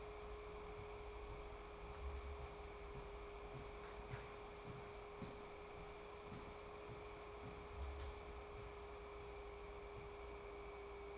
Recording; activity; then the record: daily activity, microphone in the room; walk to room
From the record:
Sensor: 1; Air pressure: 1010.5 hPa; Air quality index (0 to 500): 170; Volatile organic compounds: 12 ppm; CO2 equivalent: 2344 ppm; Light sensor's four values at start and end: 51/131/54/69 and 49/126/52/66